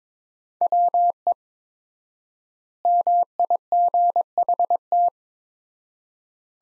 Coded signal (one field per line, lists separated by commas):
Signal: Morse code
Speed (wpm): 23 wpm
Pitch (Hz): 700 Hz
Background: none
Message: WE MIGHT